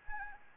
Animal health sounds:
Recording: mosquito wingbeat signal from an infrared sensor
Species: Anopheles arabiensis

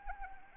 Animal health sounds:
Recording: mosquito wingbeat signal from an infrared sensor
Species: Anopheles arabiensis

